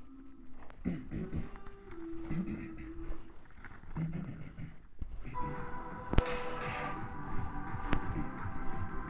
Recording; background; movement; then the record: throat clearing; music; walking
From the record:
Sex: male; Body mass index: 23.7 kg/m2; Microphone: on the chest, facing the body